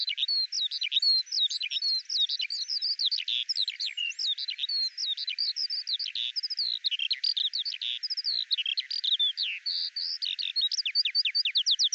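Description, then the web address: Eurasian skylark song: an endless, hurried torrent of varied whistled notes, sweeps and chirrups, pouring out without any break across the whole stretch. "Deverinetal 2025 File cleaned normalized Bird Al Ar"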